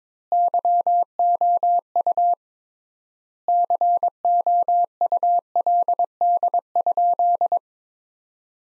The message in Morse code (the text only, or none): YOU COULD?